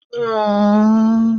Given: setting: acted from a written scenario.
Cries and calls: vocal sound without words; sympathy

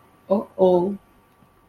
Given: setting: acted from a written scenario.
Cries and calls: vocal sound without words; shame

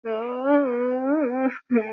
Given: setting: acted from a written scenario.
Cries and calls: vocal sound without words; sadness

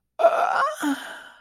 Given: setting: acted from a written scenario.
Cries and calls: vocal sound without words; ecstasy

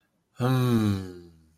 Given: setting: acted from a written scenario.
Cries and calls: vocal sound without words; ecstasy

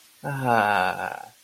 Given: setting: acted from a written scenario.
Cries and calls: vocal sound without words; ecstasy

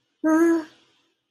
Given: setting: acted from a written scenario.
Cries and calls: vocal sound without words; distress

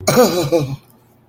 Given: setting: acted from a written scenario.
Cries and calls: vocal sound without words; shame

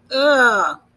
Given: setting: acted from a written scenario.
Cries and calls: vocal sound without words; negative surprise

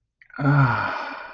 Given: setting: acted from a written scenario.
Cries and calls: vocal sound without words; contentment

